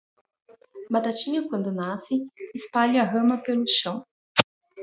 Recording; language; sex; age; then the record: short text; Brazilian Portuguese; female; 30 to 39 years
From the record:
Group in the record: control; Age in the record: 35 years